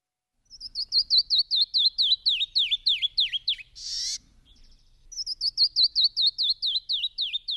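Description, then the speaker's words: Canyon wren song, a cascade of clear, high, sweet whistled notes descending in pitch, repeated rapidly, with a brief noisy burst midway before the series resumes. "and that sound you heard is the sound of the canyon wren."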